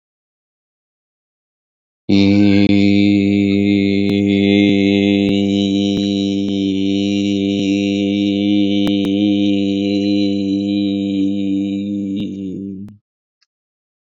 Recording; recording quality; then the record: sustained vowel as in beet; excellent, no background noise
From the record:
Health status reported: COVID-19 positive, mild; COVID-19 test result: positive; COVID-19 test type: RT-PCR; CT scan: not taken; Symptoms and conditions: cough, cold, sore throat, fatigue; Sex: male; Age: 26 years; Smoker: no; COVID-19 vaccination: both doses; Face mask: not worn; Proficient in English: yes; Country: India